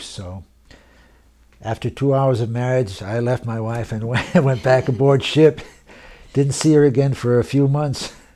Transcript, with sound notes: So after two hours of marriage I left my wife and (laughs) I went back aboard ship, didn't see her again for a few months.